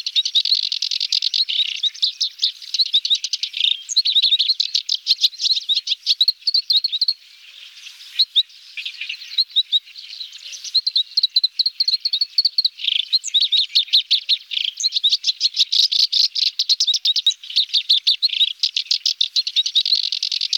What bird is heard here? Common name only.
Black-browed Reed Warbler